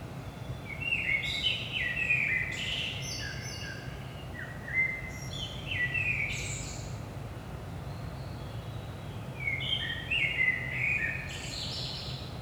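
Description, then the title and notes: Common blackbird song, several fluted warbling phrases with high squeaky endings, separated by pauses, low background rumble throughout. Recorded in Saint-Gilles, Belgium, at 5 am in the early morning; DPA 4060 microphones in AB position into a Zoom F3 recorder. "Saint-Gilles, Belgique - 5am Blackbird. Blackbird in the morning. Merle au petit matin"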